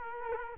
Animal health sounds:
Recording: mosquito wingbeat signal from an infrared sensor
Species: Culex quinquefasciatus

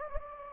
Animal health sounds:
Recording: mosquito wingbeat signal from an infrared sensor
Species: Anopheles gambiae

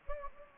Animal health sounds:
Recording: mosquito wingbeat signal from an infrared sensor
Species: Anopheles gambiae

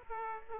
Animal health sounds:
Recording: mosquito wingbeat signal from an infrared sensor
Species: Aedes aegypti

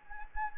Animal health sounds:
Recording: mosquito wingbeat signal from an infrared sensor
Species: Anopheles gambiae

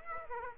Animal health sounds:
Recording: mosquito wingbeat signal from an infrared sensor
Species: Aedes aegypti

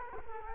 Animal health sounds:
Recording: mosquito wingbeat signal from an infrared sensor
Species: Culex quinquefasciatus

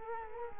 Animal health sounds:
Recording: mosquito wingbeat signal from an infrared sensor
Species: Culex quinquefasciatus

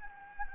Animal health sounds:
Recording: mosquito wingbeat signal from an infrared sensor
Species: Anopheles gambiae

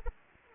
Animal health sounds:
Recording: mosquito wingbeat signal from an infrared sensor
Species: Anopheles arabiensis

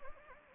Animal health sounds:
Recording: mosquito wingbeat signal from an infrared sensor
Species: Anopheles gambiae

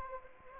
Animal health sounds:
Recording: mosquito wingbeat signal from an infrared sensor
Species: Anopheles arabiensis

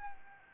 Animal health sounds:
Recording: mosquito wingbeat signal from an infrared sensor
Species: Anopheles arabiensis

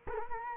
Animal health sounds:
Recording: mosquito wingbeat signal from an infrared sensor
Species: Culex quinquefasciatus

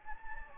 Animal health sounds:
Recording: mosquito wingbeat signal from an infrared sensor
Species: Anopheles gambiae

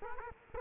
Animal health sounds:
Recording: mosquito wingbeat signal from an infrared sensor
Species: Culex quinquefasciatus

